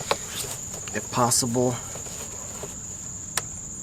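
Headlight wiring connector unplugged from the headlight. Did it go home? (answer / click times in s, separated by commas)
released / 3.4 s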